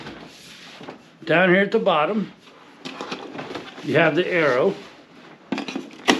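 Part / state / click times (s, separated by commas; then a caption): air purifier bottom cover on purifier body / released / 6.1 s. Someone talks while turning the plastic bottom cover of a Welov air purifier, marked with an arrow, on the purifier body to unlock it so the filter can be removed. Brief scraping sounds at about 5.5 s are followed by a sharp click at 6.1 s as the base twists open and releases.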